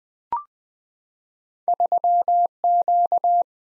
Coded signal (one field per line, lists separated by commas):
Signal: Morse code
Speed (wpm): 20 wpm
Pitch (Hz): 700 Hz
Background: none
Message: 3Q